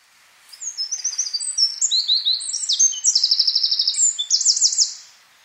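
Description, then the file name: Eurasian wren song: an energetic torrent of shrill notes with two rapid trills, the second rolling and buzzy, lasting about four and a half seconds. "Troglodytes troglodytes"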